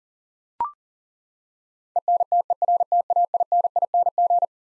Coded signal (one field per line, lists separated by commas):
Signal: Morse code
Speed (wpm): 40 wpm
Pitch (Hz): 700 Hz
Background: none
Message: ENTERTAINING